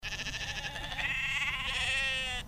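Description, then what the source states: Sheep bleating in one long, wavering cry lasting over two seconds, with a low rumbling noise underneath. Sheep kept at a solar farm.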